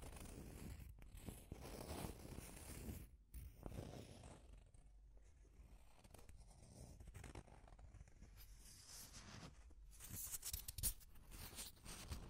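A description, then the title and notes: Deep scratching sounds, rough and continuous, with uneven strokes, brief pauses near three and five seconds, and brighter, harsher scraping toward the end. ASMR Deep Scratching. (No Talking).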